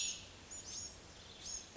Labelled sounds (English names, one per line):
Cassin's Vireo